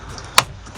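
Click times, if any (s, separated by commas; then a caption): 0.4 s. A plastic trim cover over the mounting area of a gloss black ZL1 Wickerbill-style rear wing spoiler is pressed by hand onto the trunk lid of a 2010–2013 Camaro. It snaps into place with a single sharp, bright pop at 0.4 s over a low, steady background. The cover is seated.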